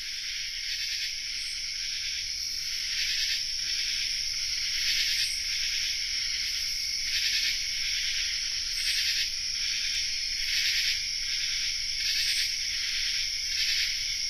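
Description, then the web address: Common true katydid chorus, many insects giving scratchy pulsed calls that blend into a steady shrill buzz with recurring louder bursts. Chorus; North America. "Songs of Insects. Common True Katydid chorus"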